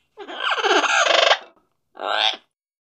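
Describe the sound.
Macaw giving harsh, raucous squawks in two bursts: a longer grating call of about a second, then a shorter rasping squawk after a brief pause.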